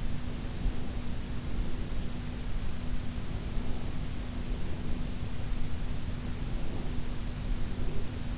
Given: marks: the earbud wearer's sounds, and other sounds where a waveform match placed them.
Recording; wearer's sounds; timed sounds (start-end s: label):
sounds in sleep by an in-ear microphone; breath
0.27-2.15 s: breath
3.06-5.08 s: breath
6.28-8.26 s: breath